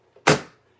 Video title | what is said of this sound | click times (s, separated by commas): Stamps-N-Lingers. First Look - and how to use the new Stampin Up Stampin’ Cut and Emboss Machine!! | you get a nice click okay so it's very nice | 0.3 s